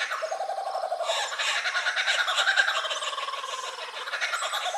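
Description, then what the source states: Laughing Kookaburra laughing call: continuous rapid chuckling and cackling notes, harsh and rollicking, kept up without a break. Laughing kookaburra, a kingfisher, from Australia.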